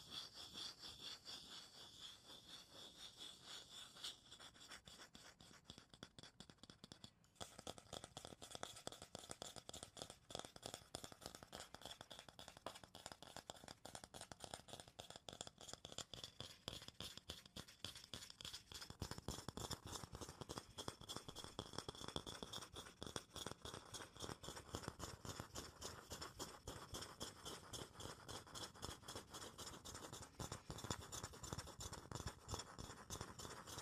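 Dense, rapid tapping and scratching on wood and cork, a steady rough scraping texture that grows fuller and louder after about twenty seconds.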